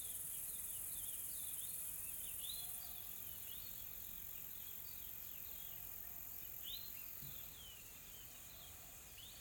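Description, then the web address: Insects make a steady, high, hissing drone throughout, while short bird chirps flick in and out. Calm, soft insect ambience in a tropical forest, South Africa. "Smart Sound FX - Nature South Africa AMBIENCE Additional Tropical Forest Soft Insects Calm"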